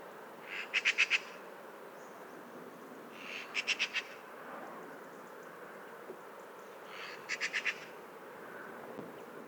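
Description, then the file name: Eurasian magpie chatter: three short dry rattles of four or five harsh pulses each, a few seconds apart, over a steady background hiss. "Pica pica"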